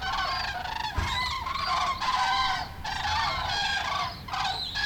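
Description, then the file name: Goose: geese calling with loud, nasal honks in overlapping bursts, with brief dips between groups. "Wild Geese"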